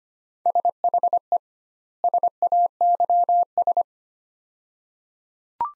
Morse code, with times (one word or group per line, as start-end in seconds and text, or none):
0.5-1.4 SHE
2.0-3.8 SAYS